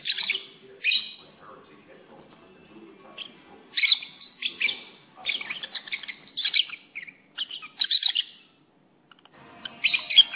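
Lovebird giving shrill, squeaky chirps in short clustered bursts, separated by quiet gaps.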